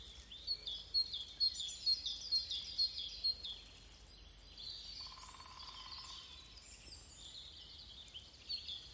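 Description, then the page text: Lesser spotted woodpecker calling a rapid run of high, thin, evenly spaced notes, then stopping. One singing male in breeding season, Alūksne municipality, Latvia, 30 April 2025 at 18:53. "Lesser Spotted Woodpecker, Dryobates minor Observation time 30-Apr-2025 plkst. 18:53 Administratīvā teritorija Alūksnes novads Count 1 Status Singing male in breeding season Notes Bungo"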